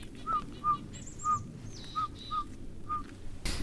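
Pygmy owl giving six short, pure whistled notes while another bird adds higher thin calls.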